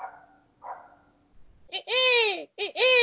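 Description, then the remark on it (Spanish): After a faint murmur and a short pause, a person lets out two loud, high-pitched squealing calls, bending up and down in pitch, a voice imitating a dolphin's chatter. “3 segundos de silencio, sonido de delfín y 1 segundo de silencio.”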